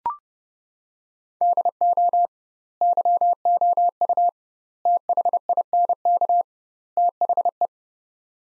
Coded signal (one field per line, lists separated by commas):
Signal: Morse code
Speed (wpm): 32 wpm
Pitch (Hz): 700 Hz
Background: none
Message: DO YOU THINK THE